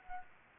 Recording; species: mosquito wingbeat signal from an infrared sensor; Anopheles gambiae